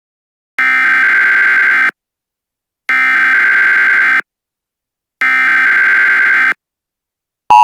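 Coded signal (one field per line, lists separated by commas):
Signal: Emergency Alert System (SAME) tones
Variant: header bursts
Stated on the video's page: Fictional EAS scenario.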